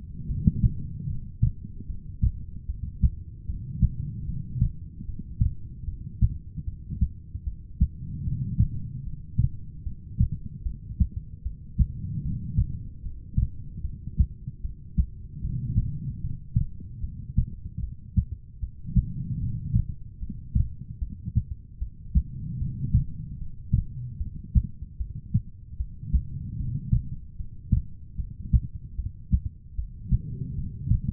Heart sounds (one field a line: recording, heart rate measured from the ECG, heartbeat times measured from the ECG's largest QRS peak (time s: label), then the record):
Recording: heart sounds by stethoscope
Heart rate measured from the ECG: 75 bpm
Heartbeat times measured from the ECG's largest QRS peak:
0.27 s: heartbeat
1.06 s: heartbeat
1.86 s: heartbeat
2.66 s: heartbeat
3.45 s: heartbeat
4.25 s: heartbeat
5.05 s: heartbeat
5.85 s: heartbeat
6.64 s: heartbeat
7.44 s: heartbeat
8.23 s: heartbeat
9.03 s: heartbeat
9.83 s: heartbeat
10.63 s: heartbeat
11.42 s: heartbeat
12.22 s: heartbeat
13.02 s: heartbeat
13.81 s: heartbeat
14.61 s: heartbeat
15.41 s: heartbeat
16.21 s: heartbeat
17.00 s: heartbeat
17.80 s: heartbeat
18.59 s: heartbeat
19.39 s: heartbeat
20.19 s: heartbeat
20.98 s: heartbeat
21.78 s: heartbeat
22.58 s: heartbeat
23.38 s: heartbeat
24.17 s: heartbeat
24.97 s: heartbeat
25.77 s: heartbeat
26.56 s: heartbeat
27.36 s: heartbeat
28.16 s: heartbeat
28.95 s: heartbeat
29.75 s: heartbeat
30.55 s: heartbeat
From the record:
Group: heart failure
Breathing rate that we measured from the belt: 16 breaths a minute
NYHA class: 2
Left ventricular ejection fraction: 58%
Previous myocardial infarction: absent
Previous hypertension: present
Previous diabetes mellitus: absent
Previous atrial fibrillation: absent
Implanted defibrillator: absent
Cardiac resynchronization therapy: absent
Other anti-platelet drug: absent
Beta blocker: bisoprolol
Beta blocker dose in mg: 5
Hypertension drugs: ramipril, spironolactone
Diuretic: furosemide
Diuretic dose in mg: 160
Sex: female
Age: 55 years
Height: 155 cm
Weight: 67 kg